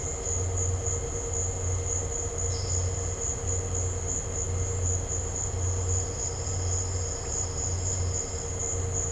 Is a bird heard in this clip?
no